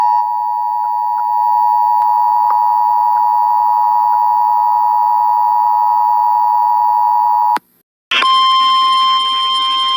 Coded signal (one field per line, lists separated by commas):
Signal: Emergency Alert System (SAME) tones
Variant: 853 and 960 Hz attention tone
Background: speech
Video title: EAS Flash Flood Warning For St. Louis Mo On 08-21-19 (TV Screen Custom).